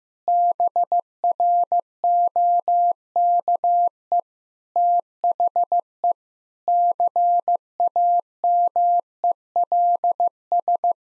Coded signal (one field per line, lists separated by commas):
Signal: Morse code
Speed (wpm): 16 wpm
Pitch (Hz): 700 Hz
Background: none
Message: BROKE THE CAMELS